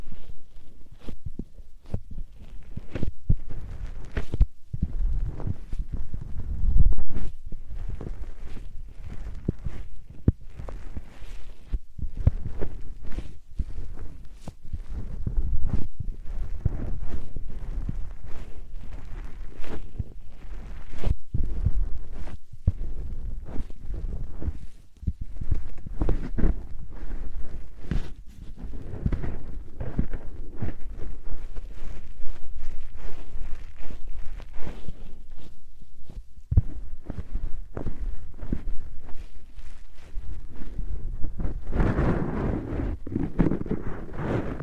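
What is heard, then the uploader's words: Repeated soft puffs of air, irregular and fairly frequent, each a short thump with a breathy hiss above it. Between the puffs, a low rumbling murmur continues steadily. Toward the end, around forty seconds, the hiss briefly grows brighter. 말없이 3가지의 퍼프로 귀를 토닥토닥 해드려요 puff sound.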